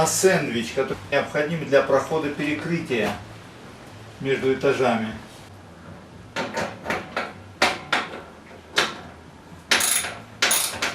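While installing a "Bavaria" stove-fireplace, a steel insulated sandwich chimney start section is eased down into the ceiling pass-through between floors as someone talks. Several sharp metallic knocks ring out around 7.6, 8.8 and 9.7 seconds as it goes in. The clip ends before the part goes home, so nothing has seated yet.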